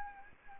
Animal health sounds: mosquito wingbeat signal from an infrared sensor; Anopheles arabiensis

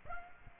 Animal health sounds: mosquito wingbeat signal from an infrared sensor; Aedes aegypti

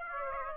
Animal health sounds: mosquito wingbeat signal from an infrared sensor; Aedes aegypti

